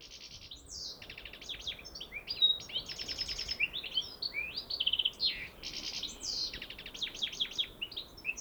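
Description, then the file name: European goldfinch singing almost without a break, rapid liquid twitters mixed with buzzy rattling notes and short clear whistles. "Carduelis carduelis"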